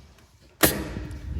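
The swivelling tow bar on an Audi Q5 45 TFSI quattro S line, unlocked with its button, is swung back up into its hidden stowed position under the bumper. Over a quiet background, it locks in place with a single loud clunk at 0.6 s, followed by a lingering low rumble. The tow bar is seated and stowed.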